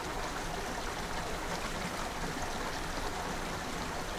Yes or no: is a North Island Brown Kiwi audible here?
no